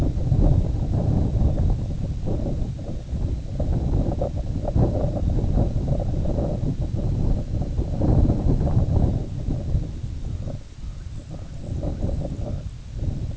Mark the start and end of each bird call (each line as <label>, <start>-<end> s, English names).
White-rumped Sandpiper, 10.07-12.80 s